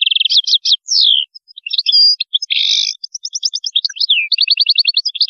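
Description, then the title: European goldfinch song: a continuous fast twitter of liquid notes, buzzy trills and rapid repeated chips. "Chant Chardonneret"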